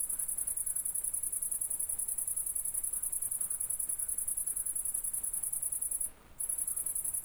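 Cricket song, a continuous very high, finely pulsed trill that stops briefly once near the end before resuming, with faint low hiss behind.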